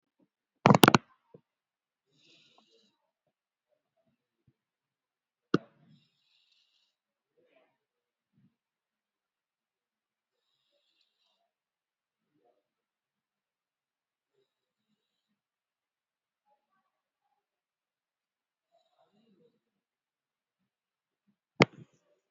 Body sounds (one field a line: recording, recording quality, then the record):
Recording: deep breathing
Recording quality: moderate, slight background noise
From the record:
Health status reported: COVID-19 positive, moderate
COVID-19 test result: positive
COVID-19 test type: RT-PCR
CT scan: not taken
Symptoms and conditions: cold, sore throat, loss of smell and taste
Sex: female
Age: 35 years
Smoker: no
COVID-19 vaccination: one dose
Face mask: worn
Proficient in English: yes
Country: India